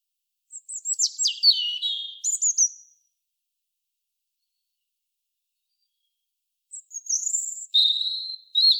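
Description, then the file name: European robin singing two separated phrases of high, sweet, fluty notes mixed with quick trills and thin squeaky whistles, about four seconds of silence between them. "Erithacus rubecula"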